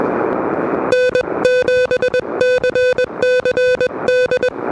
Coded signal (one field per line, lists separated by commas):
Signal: Morse code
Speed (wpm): 22 wpm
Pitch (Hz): 500 Hz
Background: music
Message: N7CCD